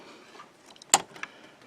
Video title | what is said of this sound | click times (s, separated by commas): Canon CIS For TS9520, TS9520C Printers | know I cut them all lined up hear them snap down okay | 0.9 s